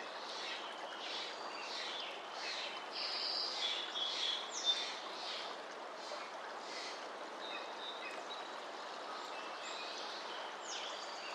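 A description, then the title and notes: A creek runs in a wooded park, its steady rushing hiss filling the scene from low to high at an even level. Birds chirp and twitter above the water throughout, brightest around the fourth to fifth second, with a faint hum beneath. Cougar Canyon Creek. Recorded at Cougar Creek Woods Community Park in Vancouver Washington.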